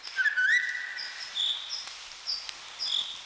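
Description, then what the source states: Eurasian golden oriole song: one short fluting phrase that rises and then holds, followed by scattered high thin notes. Song described as short and sad; heard in a June forest before sunset after a short summer rain, in moist air.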